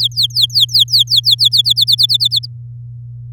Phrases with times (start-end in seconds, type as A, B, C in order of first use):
0.00-1.49 A, 1.51-2.46 B